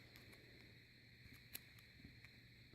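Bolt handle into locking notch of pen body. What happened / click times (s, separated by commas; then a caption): The pen bolt dropped into its locking notch / 1.6 s. The bolt handle of a handmade bolt-action pen is worked and slides smoothly along the pen body, with faint ticks and a low background hum. A sharp click at 1.6 s is the bolt dropping into its locking notch, leaving the bolt seated and locked in place.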